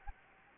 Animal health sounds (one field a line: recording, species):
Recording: mosquito wingbeat signal from an infrared sensor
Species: Anopheles gambiae